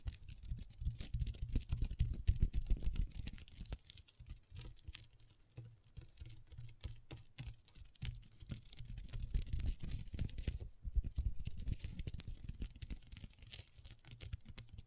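Long nails tap and scratch on a table in dense, uneven bursts of sharp clicks, busiest early on and again near ten seconds.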